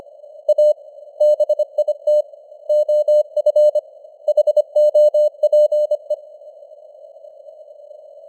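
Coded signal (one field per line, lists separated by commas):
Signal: Morse code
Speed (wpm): 25 wpm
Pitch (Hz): 600 Hz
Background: none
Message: A BIT OF HOPE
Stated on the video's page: Morse code at 25 wpm with simulated radio noise and varying signal strength (QSB).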